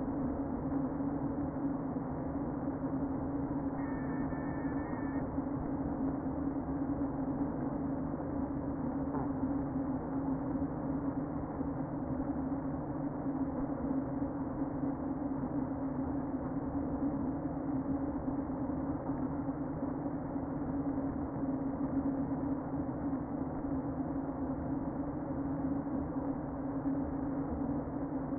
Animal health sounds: honeybee colony, microphone inside the hive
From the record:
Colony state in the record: queen present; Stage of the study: before two queens were removed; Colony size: about 60,000 bees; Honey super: yes

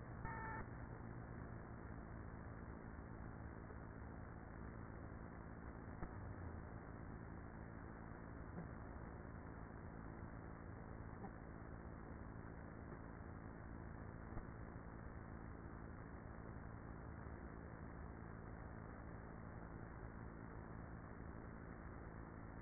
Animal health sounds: honeybee colony, microphone inside the hive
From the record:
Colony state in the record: queenless with a low population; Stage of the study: after two queens were removed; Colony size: about 30,000 bees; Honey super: no

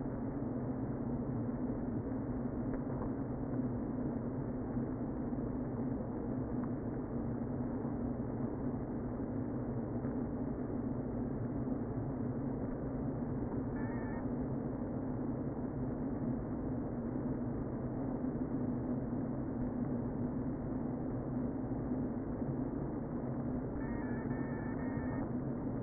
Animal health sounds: honeybee colony, microphone inside the hive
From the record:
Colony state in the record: queen present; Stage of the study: before two queens were removed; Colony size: about 60,000 bees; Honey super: yes

